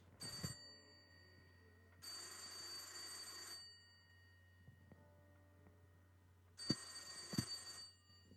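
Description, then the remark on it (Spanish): An old-style telephone bell rings in three bright, metallic bursts: a short jangle, a longer sustained ring, then another after a pause, over a low steady hum with no voices. “Mientras tanto, el teléfono no paraba de sonar.”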